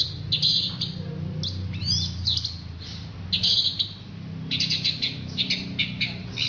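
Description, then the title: Orange-headed thrush song: scattered bright high notes and short twittering phrases with a few falling slurs, over a strong low rumbling background. "Anis Merah"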